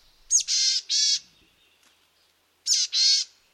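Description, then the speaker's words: Boreal Chickadee calling a hoarse, buzzy phrase: a high sharp note followed by two drawn-out wheezy notes, given twice. Dense spruce forests of Canada. "listen in the dense spruce forests of Canada for the call of the boreal chickadee."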